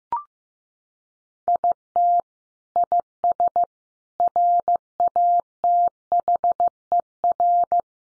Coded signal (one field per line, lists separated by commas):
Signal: Morse code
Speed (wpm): 15 wpm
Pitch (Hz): 700 Hz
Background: none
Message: IT IS RATHER